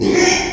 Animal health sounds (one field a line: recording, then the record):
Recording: squeal of a Yucatan mini pig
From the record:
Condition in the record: after surgery on the right vocal fold (resection and tissue-engineered implant)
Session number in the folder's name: 2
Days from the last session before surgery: 13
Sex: male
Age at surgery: 12 weeks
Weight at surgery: 13 kg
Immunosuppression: cyclosporine, prednisolone